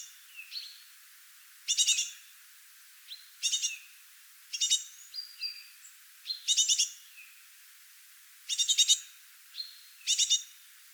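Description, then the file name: Eurasian blue tit giving harsh, buzzy churring bursts at irregular intervals, mixed with thin high whistled notes and short slurred chips; no other sounds stand out. "Cyanistes caeruleus"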